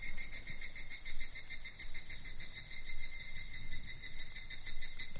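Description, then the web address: Evening cicada calling in a pulsing, metallic, high-pitched trill, steady throughout, over a low background rumble. Recorded at Kichijoji on 16 August 2014. "kichijoji 2014 08 0816 higurashi"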